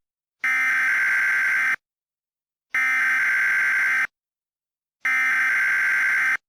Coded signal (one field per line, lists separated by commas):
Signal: Emergency Alert System (SAME) tones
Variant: header bursts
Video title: EAS Mock 13: Uprising